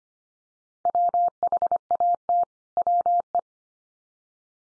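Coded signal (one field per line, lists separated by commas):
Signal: Morse code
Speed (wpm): 25 wpm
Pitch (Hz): 700 Hz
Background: none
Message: WHAT WE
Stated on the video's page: Head-copy drill of common two-word groups sent at 25 wpm, each sent, then spoken, then sent again.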